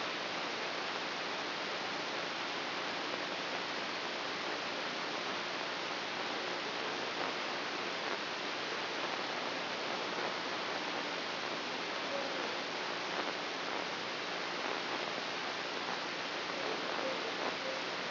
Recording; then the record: brain microelectrode recording played as sound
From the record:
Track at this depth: inside the subthalamic nucleus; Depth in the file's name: 0.537 mm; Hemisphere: right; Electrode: 3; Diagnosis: Parkinson's disease